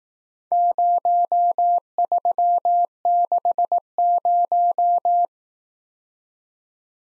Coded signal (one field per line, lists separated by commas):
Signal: Morse code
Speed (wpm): 18 wpm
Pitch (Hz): 700 Hz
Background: none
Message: 0360